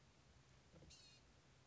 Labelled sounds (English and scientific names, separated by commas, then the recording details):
Blue-gray Gnatcatcher (Polioptila caerulea)
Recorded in Sonoma County, California